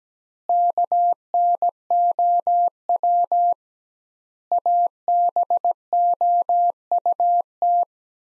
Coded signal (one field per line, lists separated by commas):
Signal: Morse code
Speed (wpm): 17 wpm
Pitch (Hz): 700 Hz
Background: none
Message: KNOW ABOUT